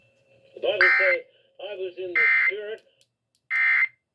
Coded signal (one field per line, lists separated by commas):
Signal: Emergency Alert System (SAME) tones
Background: speech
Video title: HERES SOME MORE...WARNINGS. FEATURING FM. (EAS#111-127